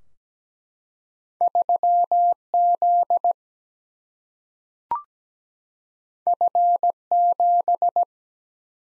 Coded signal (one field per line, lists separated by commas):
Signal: Morse code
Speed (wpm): 17 wpm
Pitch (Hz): 700 Hz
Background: none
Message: 3 Z F 7